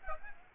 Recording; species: mosquito wingbeat signal from an infrared sensor; Aedes aegypti